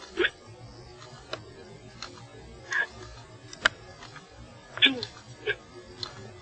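About four abrupt, brief voiced gulps a few seconds apart, with faint clicks between: repeated hiccups from an adult.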